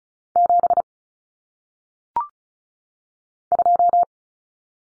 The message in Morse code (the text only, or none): 7 2